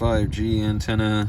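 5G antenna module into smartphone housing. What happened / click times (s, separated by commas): The antenna module is handled but has not seated yet / none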